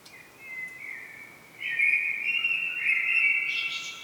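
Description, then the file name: Common blackbird with a soft opening note followed by a long, rich fluty phrase in stepped tones, ending in a thin, higher squeaky twitter. "Turdus merula"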